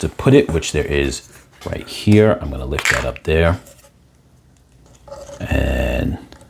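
Someone talks, then moves the removed plastic battery compartment door of a Canon EOS 6D Mark II toward the storage slot on the side of a Canon BG-E21 battery grip, with faint light handling taps and rustling toward the end. Nothing has seated or clicked yet.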